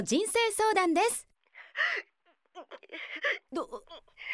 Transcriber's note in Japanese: 泣くのを必死にこらえている様子